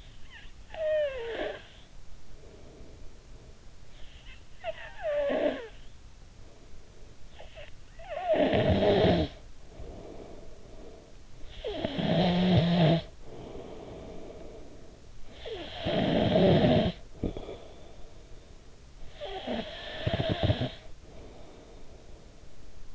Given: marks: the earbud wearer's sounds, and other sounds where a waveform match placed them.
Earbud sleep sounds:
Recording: sounds in sleep by an in-ear microphone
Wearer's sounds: snoring breath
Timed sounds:
0.00-3.72 s: snoring breath
3.89-22.95 s: snoring breath

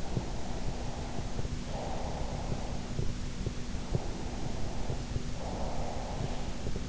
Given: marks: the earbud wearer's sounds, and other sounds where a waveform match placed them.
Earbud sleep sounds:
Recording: sounds in sleep by an in-ear microphone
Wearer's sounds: breath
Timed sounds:
0.13-2.99 s: breath
3.96-6.89 s: breath

